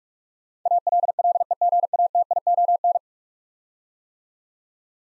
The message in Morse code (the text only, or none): ALLEGATION